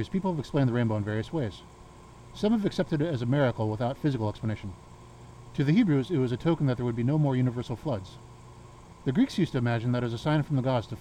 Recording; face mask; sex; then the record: reading aloud; surgical mask; male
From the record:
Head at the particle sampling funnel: turned sideways, cheek in front of it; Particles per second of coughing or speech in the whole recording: 0.342